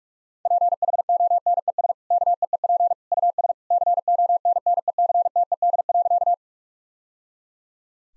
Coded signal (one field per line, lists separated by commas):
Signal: Morse code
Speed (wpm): 46 wpm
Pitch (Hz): 700 Hz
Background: none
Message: PHONES KEEP US CONNECTED.